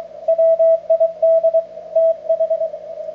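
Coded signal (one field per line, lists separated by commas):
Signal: Morse code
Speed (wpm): 24 wpm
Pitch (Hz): 650 Hz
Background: radio noise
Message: WIDTH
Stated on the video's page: CW contact using a vintage Collins 32V2 transmitter and 75A4 receiver.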